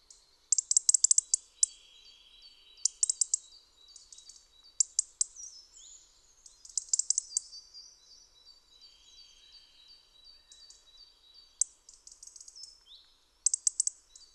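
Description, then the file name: European robin calls: bursts of sharp, high ticking clicks in quick clusters at irregular intervals, with thin high whistled notes between them. "Erithacus rubecula"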